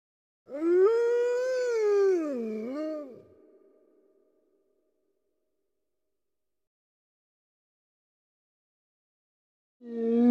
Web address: Halloween audio hero Wolf